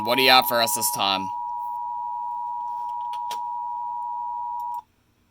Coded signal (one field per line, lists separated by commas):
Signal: Emergency Alert System (SAME) tones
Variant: 853 and 960 Hz attention tone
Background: speech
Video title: EAS 1696 TOA #100 ONCE AGAIN